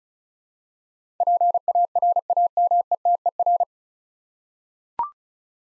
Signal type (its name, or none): Morse code